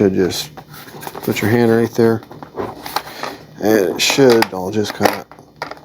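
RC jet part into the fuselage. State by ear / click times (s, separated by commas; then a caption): seated / 5.6 s. Someone talks while pressing down by hand on a Freewing 64mm F-22 V2 RC jet part so it fits into the fuselage. A sharp click at 5.6 s marks the part popping into place and seating.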